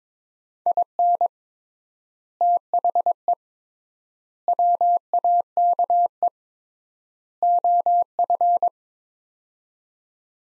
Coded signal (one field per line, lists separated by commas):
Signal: Morse code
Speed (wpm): 22 wpm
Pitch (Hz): 700 Hz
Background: none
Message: IN THE WAKE OF